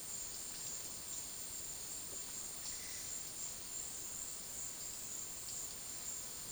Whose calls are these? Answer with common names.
none